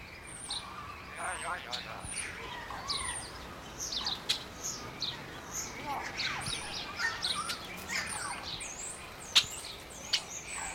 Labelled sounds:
Common Hill Myna (Gracula religiosa)

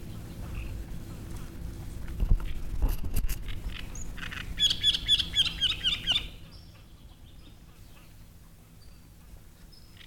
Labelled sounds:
Great Reed Warbler (Acrocephalus arundinaceus)

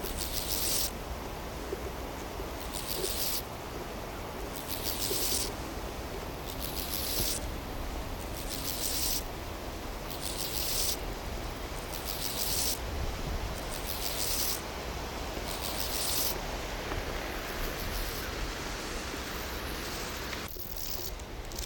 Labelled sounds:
Steppe Grasshopper (Chorthippus dorsatus) stridulation

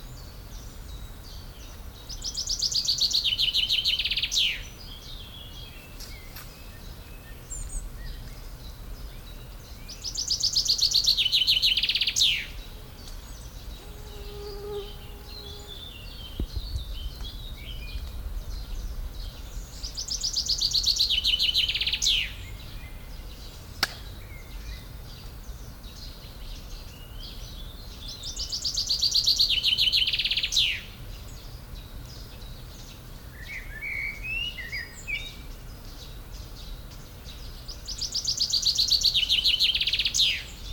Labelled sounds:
Common Blackbird (Turdus merula) song

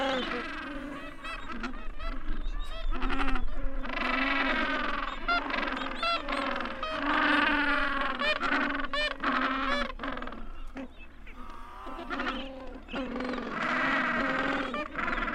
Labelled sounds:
Gentoo Penguin (Pygoscelis papua) call

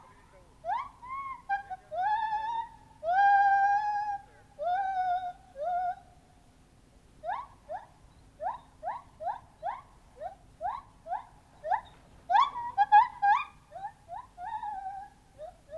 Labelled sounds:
Lar Gibbon (Hylobates lar)

